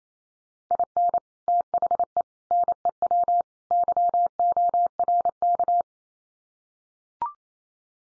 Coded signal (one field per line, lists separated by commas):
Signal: Morse code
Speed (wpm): 28 wpm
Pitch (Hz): 700 Hz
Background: none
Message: IN THE NEW YORK